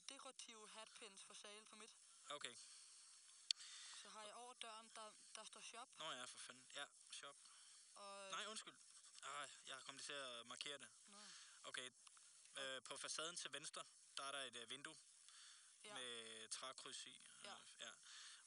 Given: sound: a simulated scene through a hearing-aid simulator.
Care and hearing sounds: conversation; quiet; 75 dB SPL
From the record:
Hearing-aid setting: II (fast-acting compression, audibility-based gain, advanced features for about 2.5 dB of SNR improvement); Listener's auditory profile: C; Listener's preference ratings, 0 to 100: 66, 91, 77

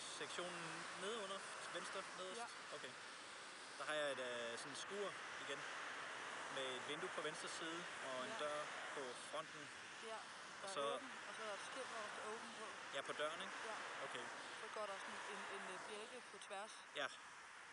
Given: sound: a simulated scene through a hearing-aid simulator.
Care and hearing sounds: conversation; traffic; +4 dB SNR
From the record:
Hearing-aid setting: II (fast-acting compression, audibility-based gain, advanced features for about 2.5 dB of SNR improvement); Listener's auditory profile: D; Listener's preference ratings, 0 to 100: 60, 60, 70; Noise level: 75 dB SPL

